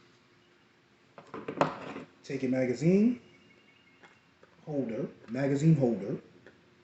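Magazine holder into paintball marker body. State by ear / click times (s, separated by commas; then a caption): not seated / none. A plastic magazine holder is handled and pushed toward a paintball marker's magazine-fed conversion body, with a few short handling taps around 1.2 to 1.6 seconds while someone talks. The holder has not snapped into place yet; nothing has seated or clicked.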